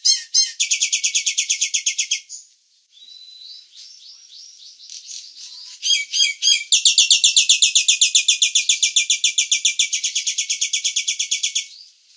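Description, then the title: Nias hill myna producing long bursts of rapid harsh buzzing pulses, broken by softer wavering notes and a few loud chattering calls. "burung jalak nias"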